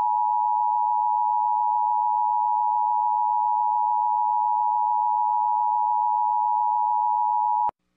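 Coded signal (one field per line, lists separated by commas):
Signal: Emergency Alert System (SAME) tones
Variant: 853 and 960 Hz attention tone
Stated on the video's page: EAS Required Monthly Test tones aired on a New Jersey television station during a children's program.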